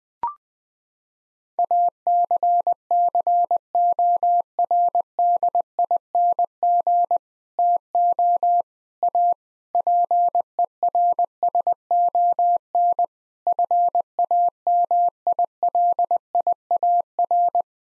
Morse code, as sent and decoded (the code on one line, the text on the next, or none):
.- -.-. -.-. --- .-. -.. .. -. --. / - --- / .- / .--. . .-. ... --- -. / ..-. .- -- .. .-.. .. .- .-.
ACCORDING TO A PERSON FAMILIAR